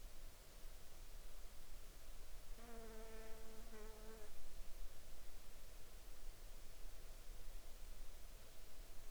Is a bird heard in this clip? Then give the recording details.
no. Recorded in the Arctic National Wildlife Refuge, Alaska, on 16 July 2019 at 20:57. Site 40